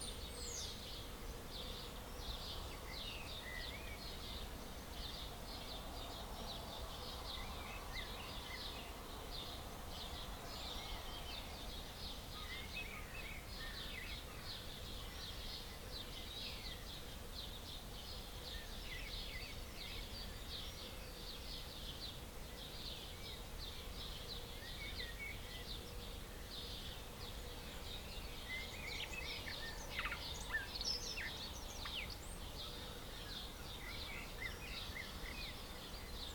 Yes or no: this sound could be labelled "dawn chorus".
yes